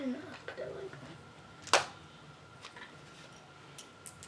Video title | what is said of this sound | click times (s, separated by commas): Building lego CONCORDE part# 11 | Did you hear that? Before it went the bump, like the clicking, did you hear a kick, like kind of like that? | 1.7 s